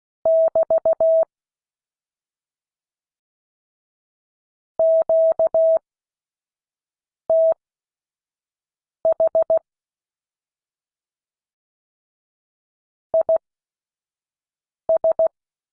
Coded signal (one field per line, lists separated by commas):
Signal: Morse code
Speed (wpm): 16 wpm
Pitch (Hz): 650 Hz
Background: none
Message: <BT> QTH IS